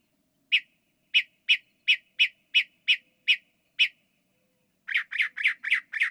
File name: northern mockingbird ca song with nightjar mimicry